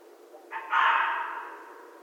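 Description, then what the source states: Red fox uttering one rough, scratchy bark, a short lead-in note followed by a louder drawn-out rasp that fades away. Recorded on 14 January 2012.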